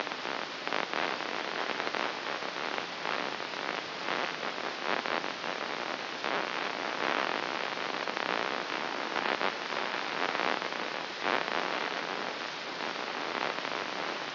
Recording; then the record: brain microelectrode recording played as sound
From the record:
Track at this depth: inside the subthalamic nucleus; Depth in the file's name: 4.121 mm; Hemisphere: left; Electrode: 3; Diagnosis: Parkinson's disease